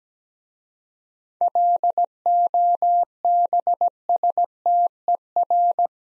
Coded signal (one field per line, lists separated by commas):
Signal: Morse code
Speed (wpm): 17 wpm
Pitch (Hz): 700 Hz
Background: none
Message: LOBSTER